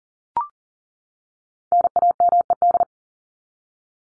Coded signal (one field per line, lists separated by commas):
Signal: Morse code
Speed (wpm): 40 wpm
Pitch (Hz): 700 Hz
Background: none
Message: NAMED